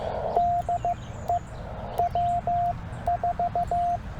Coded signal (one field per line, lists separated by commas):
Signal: Morse code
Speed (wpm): 15 wpm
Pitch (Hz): 700 Hz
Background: none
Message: DE W4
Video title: Parks on the Air in CW - K-2943 10 May